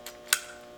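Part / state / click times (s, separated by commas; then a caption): crossbow string engaging the trigger box latch / seated / 0.3 s. On a TenPoint Nitro 505 crossbow, the string is lowered with the crank a touch more until it snaps into the trigger-box latch. A faint tick comes at 0.1 s, then a sharp, bright click at 0.3 s. The string is seated in the latch, and the click is confirmed.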